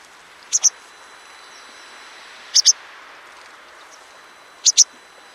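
Bird calls: three pairs of very high, sharp double chirps, one pair roughly every two seconds, over a steady low hiss.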